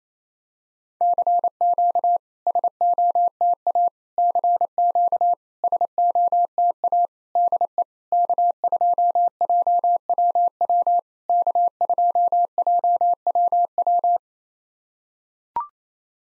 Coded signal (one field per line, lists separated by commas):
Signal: Morse code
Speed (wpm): 28 wpm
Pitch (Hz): 700 Hz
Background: none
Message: CQ SOTA CQ SOTA DE K2JWW K2JWW